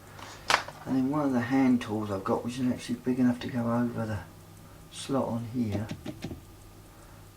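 During reassembly of a Waltham pocket watch movement, a small metal part is slid on and given a little push down, clicking on at 0.5 s. Someone talks afterwards, and the part is seated.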